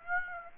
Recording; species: mosquito wingbeat signal from an infrared sensor; Aedes aegypti